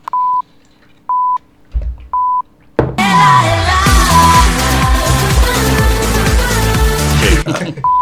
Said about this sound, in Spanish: Pues nada, un poquito de señales horarias y pasamos al siguiente tema.